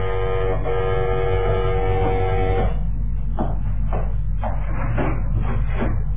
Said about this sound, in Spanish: Mientras, el timbre de la puerta volvía a sonar insistente.